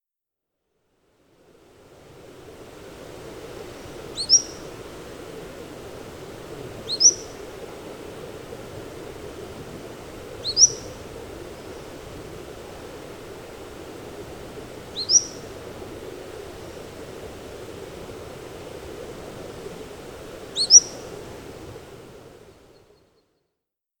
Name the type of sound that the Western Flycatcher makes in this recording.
call